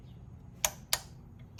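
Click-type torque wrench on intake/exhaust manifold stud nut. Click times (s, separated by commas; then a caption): 0.7 s, 0.9 s. A click-type torque wrench tightens an intake/exhaust manifold stud nut on a Buick straight 8 to the initial 12 setting. Two sharp clicks ring out at 0.7 s and 0.9 s, and another sharp transient comes at about 1.6 s. The wrench clicks at its setting, confirming the nut is torqued correctly.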